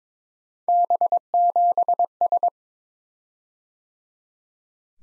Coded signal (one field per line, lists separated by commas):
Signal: Morse code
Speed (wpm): 22 wpm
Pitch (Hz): 700 Hz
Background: none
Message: B7S